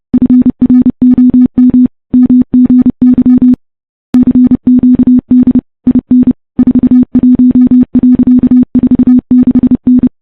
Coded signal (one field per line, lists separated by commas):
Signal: Morse code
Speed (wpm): 30 wpm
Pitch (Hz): 250 Hz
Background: music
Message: FROM MGY CQD IN 41.46N